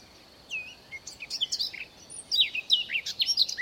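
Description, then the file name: Eurasian blackcap song: a rich, varied warble of quick whistled and chattering notes, some sliding up and down, delivered in a steady rush after a brief quiet start. "Sylvia atricapilla"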